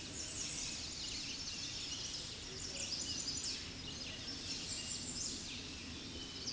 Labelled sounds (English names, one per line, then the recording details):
American Redstart song
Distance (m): 35 m
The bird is about 10 m above the microphone
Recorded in a Pennsylvania forest on 16 May 2024 at 07:20
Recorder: AudioMoth, point MSD-2478
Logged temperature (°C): 15.6 °C
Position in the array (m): 49 m, 223 m